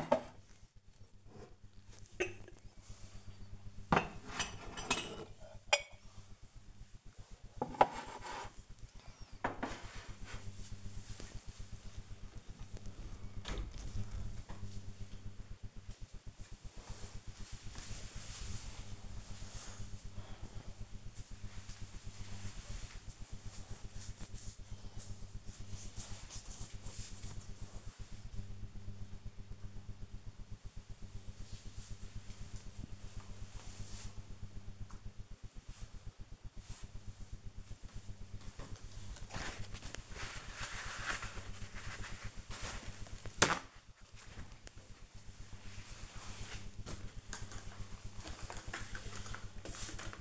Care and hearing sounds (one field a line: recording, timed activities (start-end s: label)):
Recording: household activities, microphone on the right wrist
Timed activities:
0.00-14.06 s: putting away the dishes
38.18-50.21 s: window cleaning